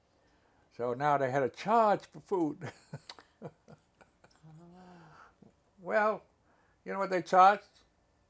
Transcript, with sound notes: So now they had to charge for food (laughs).
Oh.
Well, you know what they charged?